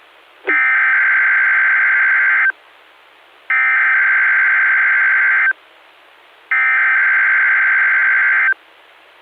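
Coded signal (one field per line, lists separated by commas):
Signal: Emergency Alert System (SAME) tones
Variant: header bursts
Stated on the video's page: Required Weekly Test on NOAA Weather Radio station WXJ85, recorded via the earphone jack of a Tidradio TD-H8.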